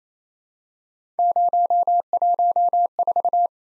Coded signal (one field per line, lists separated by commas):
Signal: Morse code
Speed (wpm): 28 wpm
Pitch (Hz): 700 Hz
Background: none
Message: 014